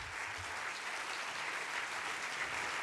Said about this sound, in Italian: Allora, io vorrei che faceste un bel applauso per Simone Sarasso.